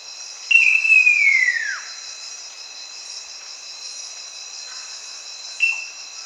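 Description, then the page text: Great eared nightjar giving one long descending whistled call, then a brief start of another near the end, over continuous high buzzing insects. "Great Eared Nightjar Call. Quick Sounds"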